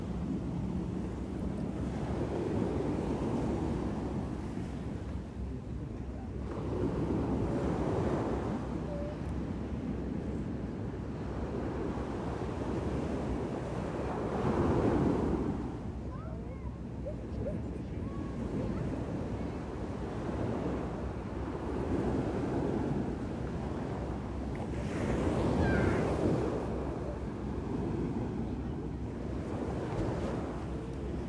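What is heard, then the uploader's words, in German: Atlantic surf rolls in a steady low roar, waves swelling every few seconds, strongest near 15 and 26 seconds, with wind buffeting the microphone. Atlantik. Aufgenommen habe ich es selber.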